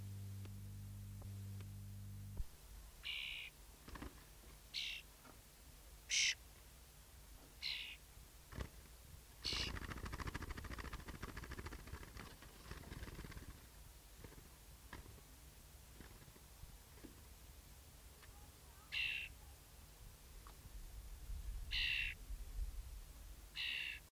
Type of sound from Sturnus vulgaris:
call